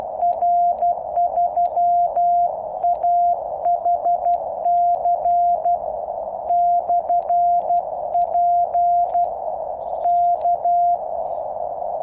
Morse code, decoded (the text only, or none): R3AHC/P K